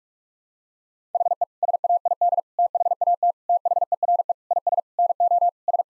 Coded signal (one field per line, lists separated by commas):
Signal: Morse code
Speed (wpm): 46 wpm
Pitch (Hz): 700 Hz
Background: none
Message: HE SAID THAT THERE IS NO S